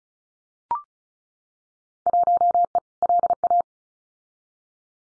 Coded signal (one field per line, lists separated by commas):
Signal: Morse code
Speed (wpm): 36 wpm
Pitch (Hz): 700 Hz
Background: none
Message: 1E LA